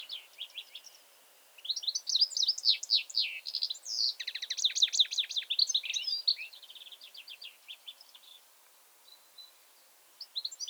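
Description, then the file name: European goldfinch song: a few clipped notes, a pause, then a long lively run of twittering, rattled trills and slurred whistles, tapering into sparse chirps near the end. "Carduelis carduelis"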